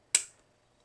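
A C-size battery is pushed into a plastic D-size adapter tube after its holder clips are released. A single sharp click at 0.2 s (0.15 s) then fades quickly, and the battery is seated, clipped in place in the adapter.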